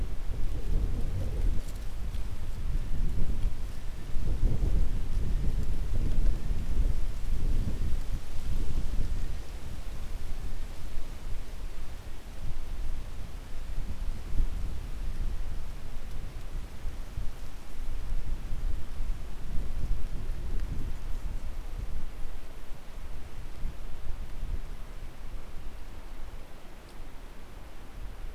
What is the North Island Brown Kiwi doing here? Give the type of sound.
male call